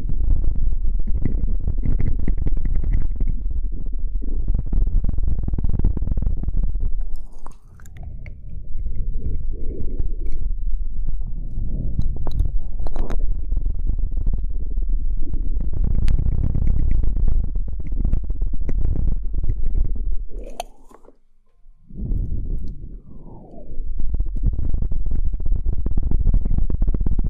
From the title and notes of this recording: The Ultimate Mouth Sounds.